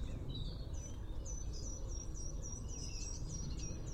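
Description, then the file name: Eurasian blue tit: a fast series of thin, high, sharply repeated notes after a few lower introductory notes, over steady low rumbling background noise. "Cyanistes caeruleus"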